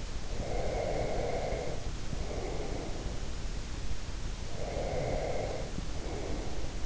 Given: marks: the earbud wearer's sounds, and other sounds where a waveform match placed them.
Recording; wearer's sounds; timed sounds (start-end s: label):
sounds in sleep by an in-ear microphone; breath
0.08-3.38 s: breath
4.35-6.86 s: breath